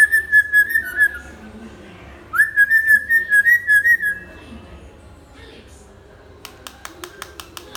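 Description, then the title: Hill myna whistling two long pulsing phrases with a wavering, tremolo quality, followed by a short run of sharp clicks. Actively singing (gacor) hill myna, used as a tutor (masteran) for training other birds. "Suara Burung Beo Gacor Cocok Untuk Masteran"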